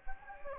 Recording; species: mosquito wingbeat signal from an infrared sensor; Anopheles gambiae